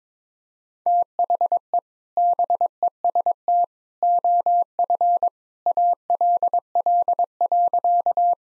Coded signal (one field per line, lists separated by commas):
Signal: Morse code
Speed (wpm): 22 wpm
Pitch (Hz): 700 Hz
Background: none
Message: THE BEST OF ALL.